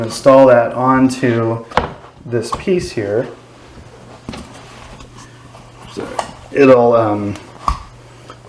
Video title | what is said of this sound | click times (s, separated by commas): How to Install Laminate Flooring for Beginners - DIY | it'll um snap into place so you got the flat piece right here | 7.7 s